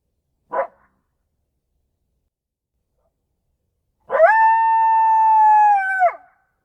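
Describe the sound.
Coyote bark and howl: one sharp short bark, a long pause, then a sustained, steady, even-pitched howl of about two seconds that falls off sharply.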